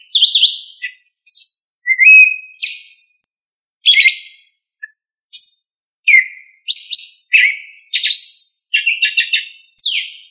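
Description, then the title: Thrush song of varied high whistles and rapid twittering figures, separated by brief silences. "Familia Turdidae - Sabia"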